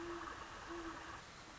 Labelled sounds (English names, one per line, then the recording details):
Great Horned Owl
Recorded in Sonoma County, California